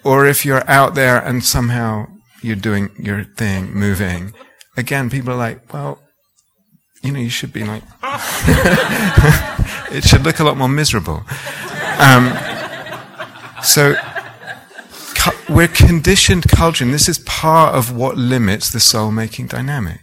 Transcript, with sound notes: Or if you're out there, and somehow you're doing your thing, moving, again, people are like, "Well, you should be like ..." [laughter] "It should look a lot more miserable." We're conditioned culturally, and this is part of what limits the soulmaking dynamic.